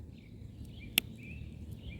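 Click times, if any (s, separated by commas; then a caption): 1.0 s. A crimped metal pin is pulled into an MC4-style plastic solar cable connector housing during wiring of a 200 W BougeRV CIGS flexible solar panel on a Leisure Travel Vans Unity. Over a steady low rumble and faint high chirping, a faint tick at 0.7 s comes before a single sharp click at 1.0 s. The pin latches and the connector is seated.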